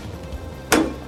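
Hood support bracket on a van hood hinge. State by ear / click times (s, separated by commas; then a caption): seated / 0.7 s. A van hood on a 2018 Sprinter is lifted all the way up until its metal support bracket at the hood hinge locks into its holding position. One sharp metallic click sounds at 0.7 s over background music. The bracket seats, so the hood can be let go and will stay up.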